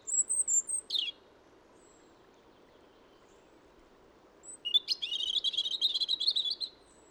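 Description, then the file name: European robin starting with a very high thin whistle and sliding note, then after a pause a long scratchy, trilling phrase of rapid notes; low steady noise throughout. "Erithacus rubecula"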